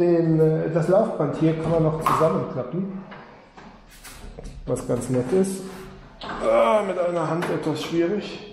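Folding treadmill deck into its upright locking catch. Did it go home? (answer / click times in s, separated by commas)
no / none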